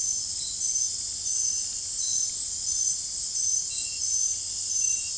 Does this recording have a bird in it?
no